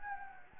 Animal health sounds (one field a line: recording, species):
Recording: mosquito wingbeat signal from an infrared sensor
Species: Anopheles gambiae